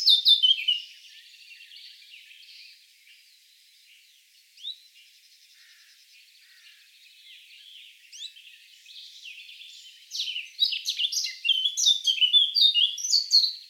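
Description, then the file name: Eurasian blackcap: quiet, scratchy twittering for most, then a loud, fast chattering warble of sharp notes near the end. "Sylvia atricapilla"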